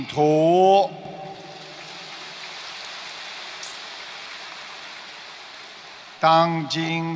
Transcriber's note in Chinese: 掌声